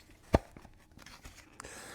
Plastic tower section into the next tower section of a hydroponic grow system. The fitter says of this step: and those will just push right together and lock into place.